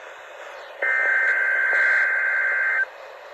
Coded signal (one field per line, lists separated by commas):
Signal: Emergency Alert System (SAME) tones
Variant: header bursts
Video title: EAS 150!!!!!!: Required Weekly Test for the week of 11/15/2021